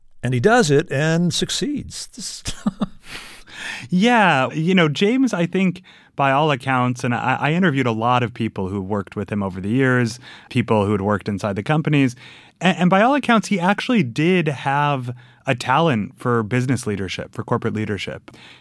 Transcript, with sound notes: And he does it and succeeds. Just (laughter)....
Yeah. You know, James, I think, by all accounts - and I interviewed a lot of people who worked with him over the years, people who had worked inside the companies - and by all accounts, he actually did have a talent for business leadership, for corporate leadership.